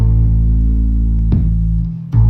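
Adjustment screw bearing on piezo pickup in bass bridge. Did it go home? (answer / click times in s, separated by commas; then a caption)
yes / 1.3 s. A bass string rings with a steady low tone while an allen key turns an adjustment screw under the bass bridge until it meets the piezo pickup. A small click at 1.3 s marks the screw starting to touch the pickup, and the sound fades before a loud new onset at 2.1 s.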